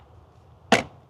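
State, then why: Seated. A Rebluum RB-3PT-1 WiFi solar-powered security camera is slid onto its wall mounting bracket. After a quiet stretch, one sharp, bright click at 0.7 s marks the camera seating firmly in place.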